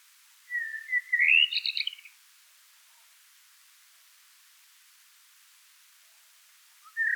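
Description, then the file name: Eurasian blackbird sings one rich fluted phrase that ends in a thin, rapid twitter; long silence follows before a new note starts. "Turdus merula"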